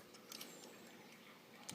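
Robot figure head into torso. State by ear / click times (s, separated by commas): not seated / none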